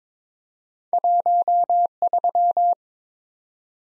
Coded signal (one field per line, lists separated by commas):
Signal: Morse code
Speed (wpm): 22 wpm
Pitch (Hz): 700 Hz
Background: none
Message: 13